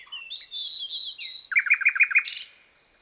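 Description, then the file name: Common nightingale singing a short phrase: drawn-out whistled notes followed by a quick series of rich, rattling notes and a harsh buzzy ending. "Luscinia megarhynchos"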